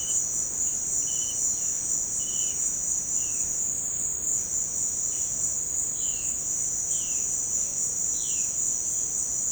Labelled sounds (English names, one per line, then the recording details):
Violaceous Jay
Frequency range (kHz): Violaceous Jay 1.9-4.7 kHz
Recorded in secondary vegetation near Puerto Asís, Putumayo, Colombia, on 24 March 2025 at 17:00
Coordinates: 0.488, -76.319
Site G095